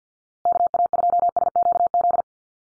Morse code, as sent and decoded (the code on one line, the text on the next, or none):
-.- .- ..--- ... --.- --..
KA2SQZ